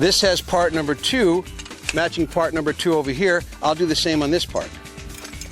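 A numbered part-two tube of a portable batting practice frame is being fitted by hand into its matching part-two frame joint while someone talks over background music. The clip ends with the tube handled but not yet snapped home; nothing has seated or clicked yet.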